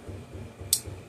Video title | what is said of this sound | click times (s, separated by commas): McCulloch 3818 chainsaw revival! Will it run and cut again? Part 1 | all the way. You can hear it click in place. | 0.7 s